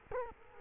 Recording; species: mosquito wingbeat signal from an infrared sensor; Culex quinquefasciatus